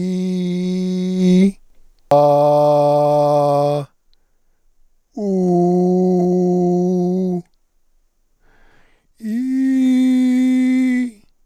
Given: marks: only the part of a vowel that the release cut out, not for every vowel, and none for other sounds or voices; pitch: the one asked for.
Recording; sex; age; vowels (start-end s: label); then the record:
sustained vowels; male; 60 to 69 years
0.00-1.17 s: vowel /i/, normal pitch
2.15-3.75 s: vowel /a/, normal pitch
5.31-7.28 s: vowel /u/, normal pitch
9.32-11.02 s: vowel /i/, high pitch
From the record:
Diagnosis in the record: cordectomy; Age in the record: 61 years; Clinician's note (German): Zustand nach laserchirurgischer Rezidivabtragung, Chordektomie